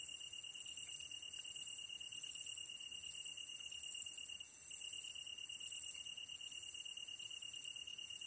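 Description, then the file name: Tree cricket trilling continuously at one steady pitch, with a layer of high insect shrilling above it. Kantan recorded together with ezotsuyumushi on 15 August 2010 at 22:39, with a DH-D50. "kantan ezotuyumusi 20100815-2239"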